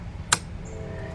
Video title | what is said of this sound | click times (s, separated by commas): Ford Fiesta Head Gasket Timing Belt Intake Exhaust Valves Pistons Replacement 2011-2019 Part 21 | That's all we have to do, is just push it on and you'll hear it click into place. | 0.3 s